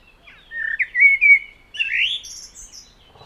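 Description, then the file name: Common blackbird song: a rich, slurred fluting phrase of several whistled notes rising into a thin high twitter at the end. "Turdus merula"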